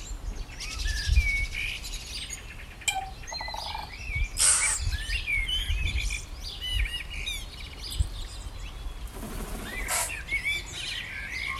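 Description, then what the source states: Birds singing together: many overlapping chirps, whistles and short trills from several birds, with a few sharp bursts and a steady low rumble underneath. Morning birdsong.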